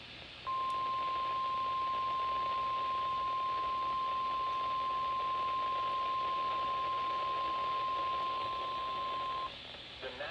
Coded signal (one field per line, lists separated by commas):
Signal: Emergency Alert System (SAME) tones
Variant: 1050 Hz attention tone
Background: speech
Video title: Not done yet EAS 82-84 6/4/20